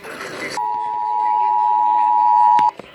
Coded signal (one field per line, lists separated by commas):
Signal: Emergency Alert System (SAME) tones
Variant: 853 and 960 Hz attention tone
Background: speech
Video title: EAS/NWR Alert or message #572-582: Ohio Required Monthly Test